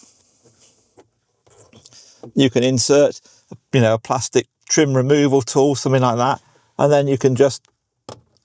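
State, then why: Released. Someone talks while a plastic trim removal tool levers the plastic dashboard trim panel around the radio of a new Suzuki Jimny, done to install an aftermarket radio. A sharp pop at 8.1 s marks the panel's clip coming free, followed by faint, brief rattles.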